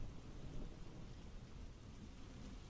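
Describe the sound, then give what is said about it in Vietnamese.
Outdoors, a steady rain shower pours down in a dense, hissing wash, with a heavy low rumble running underneath throughout. The sound stays constant without pauses, and no voices are heard. “Ngoài trời cũng bất giác đổ cơn mưa.”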